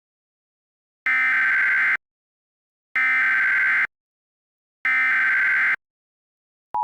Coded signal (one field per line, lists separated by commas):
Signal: Emergency Alert System (SAME) tones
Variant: header bursts